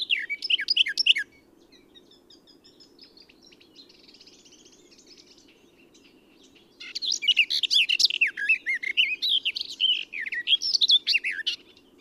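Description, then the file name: Eurasian blackcap song: the tail of one warble, several seconds of faint, soft twittering, then a long, rapid, varied warbling phrase of chirps and whistled notes over low hum. "Sylvia atricapilla"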